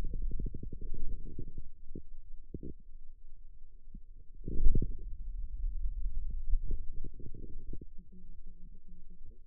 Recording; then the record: forearm muscle sounds (acoustic myography)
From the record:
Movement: hand closing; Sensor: system 2, bracelet of six BSWA MPA416 microphones around the upper forearm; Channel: 2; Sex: male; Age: 22 years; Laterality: right